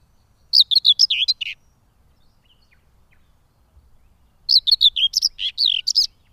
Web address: agykontroll Madardalok Cd 2. Mezei poszáta